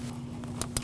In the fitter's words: Wait for the click. Push that locking tab down.